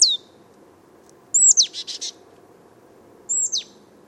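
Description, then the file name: Marsh Tit, sharp whistled 'pitchoo' notes, one followed by a short burst of buzzy chatter, against a soft low background hum. "Poecile palustris"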